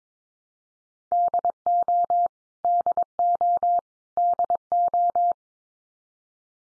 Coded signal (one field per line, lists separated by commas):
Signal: Morse code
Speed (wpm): 22 wpm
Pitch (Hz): 700 Hz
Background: none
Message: DO DO DO